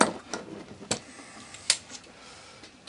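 On a ZXR400 cylinder head, a valve spring compressor is released so the valve collets drop into the valve spring retainer and seat in the groove at the top of the engine valve stem. Over a quiet background with a few faint ticks, two sharp metallic clicks ring out at 0.9 s and 1.7 s as the collets pop into place, and they are seated.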